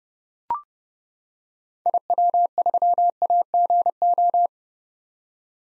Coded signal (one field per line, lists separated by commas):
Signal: Morse code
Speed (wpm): 29 wpm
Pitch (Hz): 700 Hz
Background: none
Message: IW3AGO